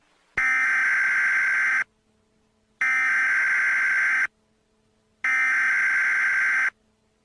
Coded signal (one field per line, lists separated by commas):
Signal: Emergency Alert System (SAME) tones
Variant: header bursts